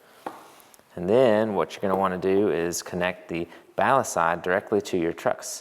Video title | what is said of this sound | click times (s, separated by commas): 2015-17 F150 LED HEADLIGHT CREE MK5 F150LEDS.COM INSTALLATION | Make sure it's pushed all the way in until you hear that click. | 0.3 s